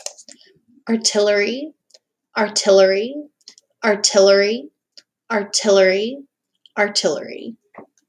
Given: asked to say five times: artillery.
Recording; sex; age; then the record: repeated word; female; 20 to 29 years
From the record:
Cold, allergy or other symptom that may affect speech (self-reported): no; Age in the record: 25 years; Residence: Texas, United States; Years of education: 15